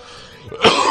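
One short, harsh cough with a throat-clearing quality from an adult man with a flare of pharyngitis, which a cold always sets off, treated with roxithromycin.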